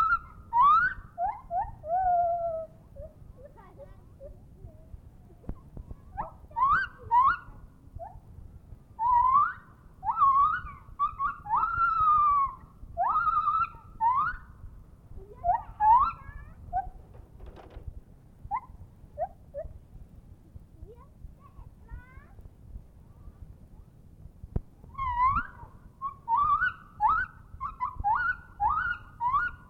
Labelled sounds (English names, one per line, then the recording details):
Lar Gibbon
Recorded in captivity
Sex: male
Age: adult
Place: Zoo Rostock, Mecklenburg-Vorpommern, DE
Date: 1965-09-01 10:50
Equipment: Uher 4200 Report Stereo, Transistorverstärker II, Sennheiser MD 421
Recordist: Tembrock, Günter
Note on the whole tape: Männchen (einzeln gehalten): Rufe und Rufreihen beim Umherhangeln. Dieses ist begleitet von Handausschütteln oder Rütteln an Zweigen. Gute Aufnahme